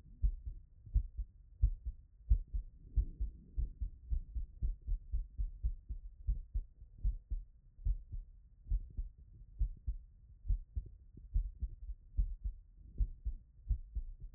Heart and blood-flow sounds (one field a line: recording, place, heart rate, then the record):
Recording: heart sounds by stethoscope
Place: Erb's point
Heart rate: 81 bpm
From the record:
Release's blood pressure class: hypertension stage 1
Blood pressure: 133/69 mmHg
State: after exercise